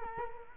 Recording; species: mosquito wingbeat signal from an infrared sensor; Culex quinquefasciatus